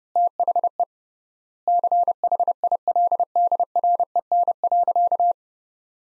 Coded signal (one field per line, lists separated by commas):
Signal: Morse code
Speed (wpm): 30 wpm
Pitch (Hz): 700 Hz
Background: none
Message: THE CHILDREN.